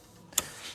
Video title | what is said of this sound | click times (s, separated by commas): 🇺🇦Продуктивний АДАПТЕР до мотоблока своїми руками! Розміри! adapter for a walk-behind tractor | воно автоматично зафіксувалося понятно сектор | 0.4 s